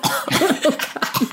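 Four quick, harsh bursts in little more than a second, each with a voiced, gagging, groan-like edge, from a hungover adult coughing right after chugging the last sip of an activated charcoal and ginger shot. It is a short reflex cough of the kind set off by throat irritation.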